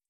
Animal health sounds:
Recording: hydrophone in a shrimp aquaculture tank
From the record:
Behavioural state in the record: feeding

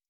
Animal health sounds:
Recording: hydrophone in a shrimp aquaculture tank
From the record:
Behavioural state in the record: stressed

